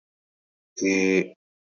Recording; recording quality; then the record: sustained vowel as in made; excellent, no background noise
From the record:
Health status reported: healthy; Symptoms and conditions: none ticked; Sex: male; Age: 33 years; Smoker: not ticked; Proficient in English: yes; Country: India